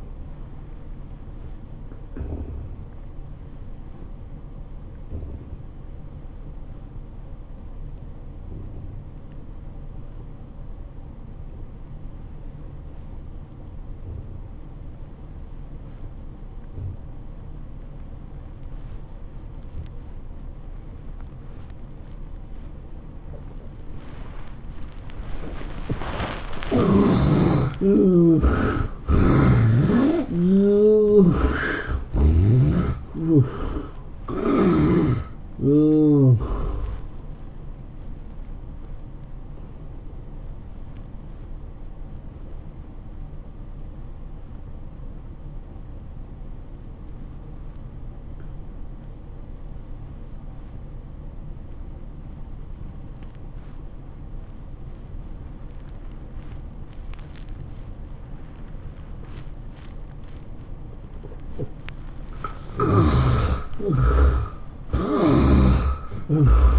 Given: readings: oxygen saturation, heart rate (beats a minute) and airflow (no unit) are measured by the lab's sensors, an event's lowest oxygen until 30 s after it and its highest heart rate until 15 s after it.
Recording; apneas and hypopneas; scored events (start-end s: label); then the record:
breathing in sleep by a smartphone at the bedside; 2
5.00-27.50 s: obstructive apnea (N1, oxygen 95% highest, then 67% lowest, heart rate 90 at the start, 112 highest)
42.00-62.70 s: obstructive apnea (N1, oxygen 92% highest, then 69% lowest, heart rate 94 at the start, 109 highest)
46.00-66.79 s: new sleep stage, N2 (light sleep)
From the record:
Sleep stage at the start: N1 (lightest sleep); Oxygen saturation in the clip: 67 to 95%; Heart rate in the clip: 75 to 112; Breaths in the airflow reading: 8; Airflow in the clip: -17.8 to 13.5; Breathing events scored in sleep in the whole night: 403 in 5.5 hours asleep